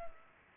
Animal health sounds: mosquito wingbeat signal from an infrared sensor; Culex pipiens

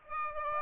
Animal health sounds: mosquito wingbeat signal from an infrared sensor; Aedes aegypti

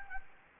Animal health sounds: mosquito wingbeat signal from an infrared sensor; Anopheles gambiae

